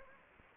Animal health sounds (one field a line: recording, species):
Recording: mosquito wingbeat signal from an infrared sensor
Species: Anopheles arabiensis